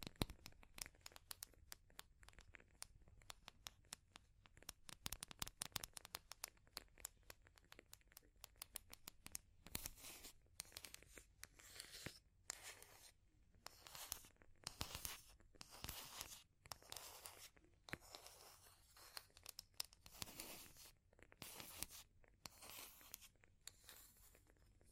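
Crackling fire with tapping and scratching. The first ten seconds are a dense run of sharp, quick clicks and pops. After that come longer bright scratching bursts, each a second or two, separated by short gaps, with scattered ticks over a low steady rumble.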